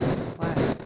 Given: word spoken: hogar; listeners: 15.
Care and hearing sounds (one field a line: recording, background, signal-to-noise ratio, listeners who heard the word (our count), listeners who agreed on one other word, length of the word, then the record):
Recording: one Spanish word in noise, from a listening test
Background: noise modulated by one talker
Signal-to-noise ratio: -9.3 dB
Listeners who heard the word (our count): 0 of 15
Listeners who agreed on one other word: 7 of 15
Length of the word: 0.45 s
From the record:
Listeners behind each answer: 7, 1, 1, 1, 1, 1, 1, 1, 1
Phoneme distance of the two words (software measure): 17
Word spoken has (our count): 2 syllables, 4 phonemes, stress on syllable 2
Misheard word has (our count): 2 syllables, 5 phonemes, stress on syllable 2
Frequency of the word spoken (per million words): 43.72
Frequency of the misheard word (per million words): 71.35